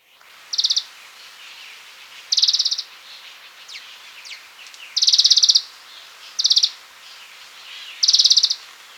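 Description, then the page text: Ultramarine flycatcher giving dry, buzzy rattles of rapid pulses, five bursts spaced irregularly about every one and a half to three seconds, with faint thin chirps from other birds between them. "Ultramarine Flycatcher Call-Song. Quick Sounds"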